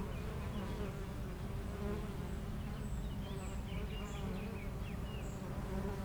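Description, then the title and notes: Honey bee buzzing, a continuous low hum from many bees, while birds chirp and twitter above it. Honey bees foraging between two hives of a garden apiary in Aix-les-Bains, France, flying back and forth to flowers; a few birds in the neighbouring wood. "41 Chem. de Memard, 73100 Aix-les-Bains, France - Les abeilles. Entre deux ruches du rucher du jardin vagabond à Aix-les-bains les abeilles sont en pleine collecte et font d'incessants aller retour vers les fleurs, quelques oiseaux dans le bois voisin"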